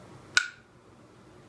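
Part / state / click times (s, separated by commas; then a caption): drive shaft into food processor shredding disc / seated / 0.4 s. A plastic drive shaft is pushed into the hub of a metal medium-shred disc for a KitchenAid food processor. A single sharp click sounds at 0.4 s against faint background noise, and the shaft is seated in place.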